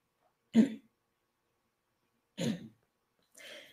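Imitated gentle cough made while swallowing saliva, a recommended alternative to throat clearing: the vocal folds press together and expel the secretion sitting on them.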